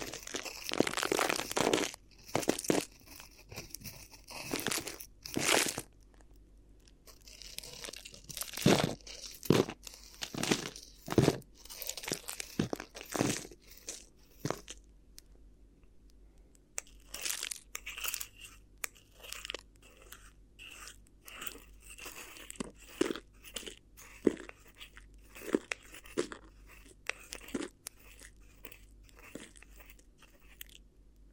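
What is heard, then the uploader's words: Crinkly ear massage: bursts of bright crunching and crinkling come in quick, irregular clusters, with a brief quieter pause near fifteen seconds. ASMR Addictive Crinkly Ear Massage (No Talking).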